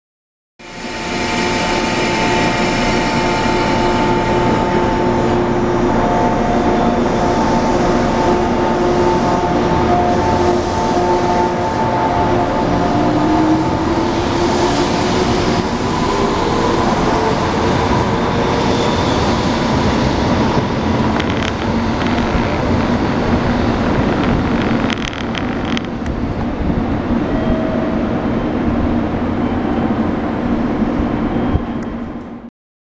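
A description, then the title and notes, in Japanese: A JR Kyushu 415 series 1500 electric train runs with a steady, dense rumble and hiss throughout. Thin whining tones sound for the first twelve seconds, then one slides upward around thirteen seconds. The roar eases slightly near the end before cutting off abruptly. JR九州415系1500番台。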